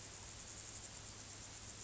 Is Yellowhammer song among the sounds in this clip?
no